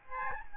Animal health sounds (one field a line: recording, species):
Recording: mosquito wingbeat signal from an infrared sensor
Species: Aedes albopictus